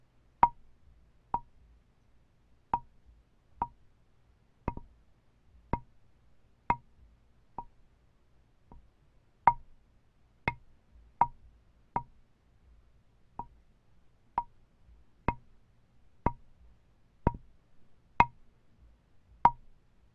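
Wood being tapped in a fairly regular rhythm, about one sharp knock each second, with a brief pause near the middle. Each tap is short and bright with a woody ring, some louder than others, over a soft low rumble throughout.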